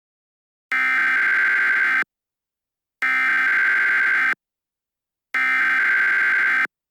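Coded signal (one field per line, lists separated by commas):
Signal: Emergency Alert System (SAME) tones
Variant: header bursts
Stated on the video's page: Fictional EAS scenario based on Super Bowl 51.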